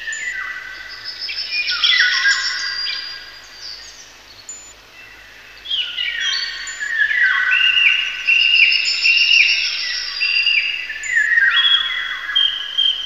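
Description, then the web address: Bird song, varied high whistled phrases in bursts, with a quieter spell midway and steady background noise. "Voegel"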